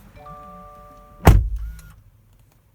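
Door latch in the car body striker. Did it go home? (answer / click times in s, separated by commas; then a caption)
yes / 1.3 s. The driver's door of a 2019 Subaru Ascent is shut from inside, and its latch catches in the car body striker with a loud, solid thud at 1.3 s, seating fully. Faint steady tones hum before the shut and stop at the moment of impact, and a few quieter rattles follow through about 1.9 s before it goes quiet.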